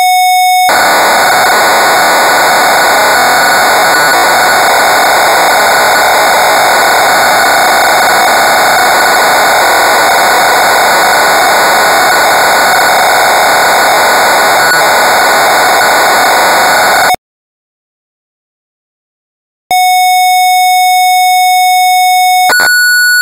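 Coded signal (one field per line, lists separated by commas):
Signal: computer data on cassette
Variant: Amstrad CPC 464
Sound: seventeen seconds of harsh buzzing data screech, a short silence, then a steady pilot tone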